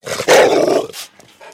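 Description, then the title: Dog growls in a rough, throaty burst lasting under a second, followed by a short breathy sound and quieter rumbles. "Universidad del Claustro de Sor Juana - Colegio de Comunicación - Sonoteca de México. PERRO GRUNIDO"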